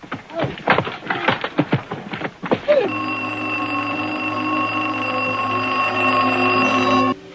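A telephone bell rings in a rapid, rattling burst for a few seconds, then gives way to a steady, harmonic buzzing tone that holds for about four seconds and cuts off abruptly, in a film scene where a cut telephone line is reconnected with a call from a colonel.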